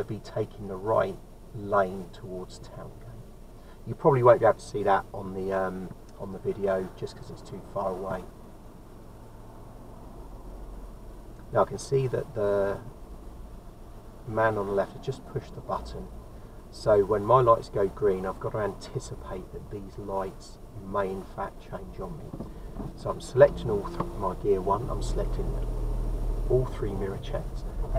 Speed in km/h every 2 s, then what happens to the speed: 0, 0, 0, 0, 0, 0, 2, 0, 0, 0, 2, 2, 3, 6.
0-23 standing.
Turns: none.